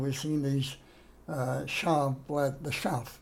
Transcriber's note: none